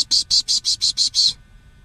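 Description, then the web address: Bird giving a fast run of harsh, rasping high pulses for just over a second, then stopping abruptly. Bexar County, Texas, USA; morning of 13 February 2006. "bexar Many Birds 20060213 AM"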